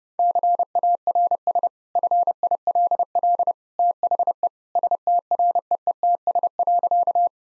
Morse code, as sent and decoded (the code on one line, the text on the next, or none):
-.-. .- .-. ... / ..-. .. .-.. .-.. / - .... . / ... - .-. . . - ... .-.-.-
CARS FILL THE STREETS.